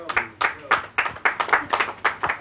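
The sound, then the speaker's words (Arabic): An audience claps together in a quick, steady patter of sharp hand claps, roughly four per second, moderately loud and continuing throughout with no one speaking. “انما نفسي اولا اننا نسقف تسقيفة للي قالته مدام حسنة شاه بالنسبة انه الفنان ثروة ولازم نحافظ عليها.”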